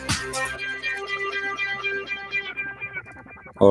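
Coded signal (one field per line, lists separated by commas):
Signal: none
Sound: music intro tones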